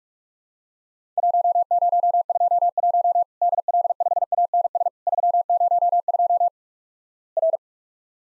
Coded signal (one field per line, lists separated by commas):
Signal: Morse code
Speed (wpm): 47 wpm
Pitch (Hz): 700 Hz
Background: none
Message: 1021 DL5ANS 302 R